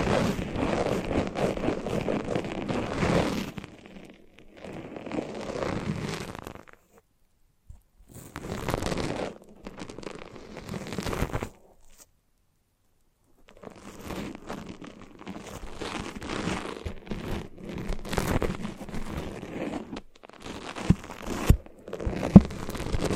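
Sticky, foamy crackling and squishing sounds come in bursts separated by short silences, with a long pause near the middle. The texture is dense, crinkly and tearing, with occasional sharper pops and clicks toward the end.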